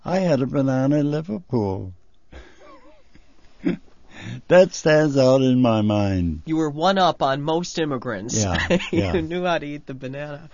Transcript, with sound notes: I had a banana in Liverpool. ( he laughs ) That stands out in my mind.
You were one up on most immigrants. ( he laughs ) You knew how to eat the banana.